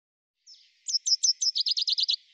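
Common chaffinch song fragment: an opening thin note, then about ten crisp repeated notes in a quick descending series, without the usual ending flourish.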